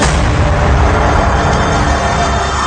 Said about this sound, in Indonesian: Konyong-konyong terjadi keajaiban. Kilat menyambar menyibak gelap malam.